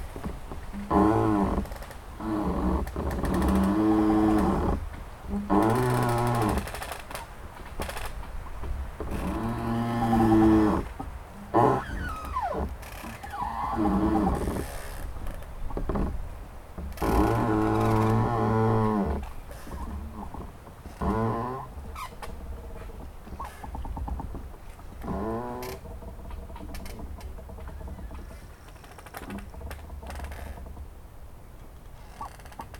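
Trees creak and groan in the wind, drawn-out moaning tones that bend in pitch, loudest around 3–6, 10–11 and 17–19 seconds, with shorter creaks between. A steady low rumble of wind runs underneath, and the creaking grows quieter toward the end.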